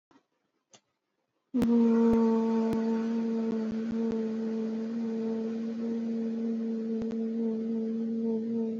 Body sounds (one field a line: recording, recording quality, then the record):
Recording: sustained vowel as in boot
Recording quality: excellent, no background noise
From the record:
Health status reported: exposed to COVID-19, no respiratory illness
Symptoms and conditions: none ticked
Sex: female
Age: 22 years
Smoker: not ticked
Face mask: worn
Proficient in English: yes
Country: India